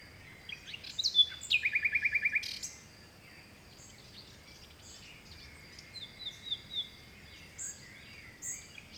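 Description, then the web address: Singing bird delivers a clear whistle falling into a fast buzzy trill, followed by fainter whistled phrases and chirps. Forest birds in a Mediterranean forest by the sea in Greece, early morning in spring. "2019-Game Audio Bundle West Wolf - Seaside Nature And Waves - Nature Forest Birds Wind Early Morning Spring Distant Sea Mediterranean Grece"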